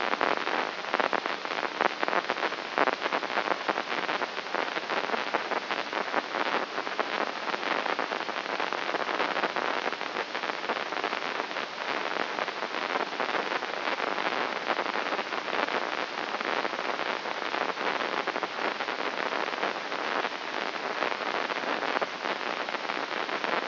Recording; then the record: brain microelectrode recording played as sound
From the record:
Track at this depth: inside the subthalamic nucleus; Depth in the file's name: 5.229 mm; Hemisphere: left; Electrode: 3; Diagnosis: Parkinson's disease